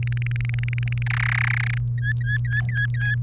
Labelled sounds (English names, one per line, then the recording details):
Domestic Canary song
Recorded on 30 April 2018 at 16:18
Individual llb3